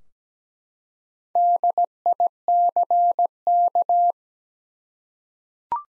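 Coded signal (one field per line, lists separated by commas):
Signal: Morse code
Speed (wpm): 17 wpm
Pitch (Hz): 700 Hz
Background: none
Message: DICK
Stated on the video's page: Morse practice at 17 wpm, common US names of up to five letters for head-copy, each sent, spoken, then sent again.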